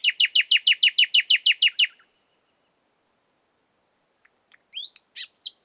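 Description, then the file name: Common nightingale song: a rapid rhythmic series of chipping notes, a pause, then quieter rising whistles and a bright note at the end. "Luscinia megarhynchos"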